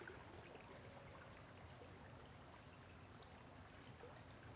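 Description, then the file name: Crickets trill continuously in two steady high-pitched bands without pause, over a low rumbling background hum. Recorded at dawn on a farm, with vehicles passing on a distant road. "Amanhecer na fazenda com grilos veiculos passando em estrada longe"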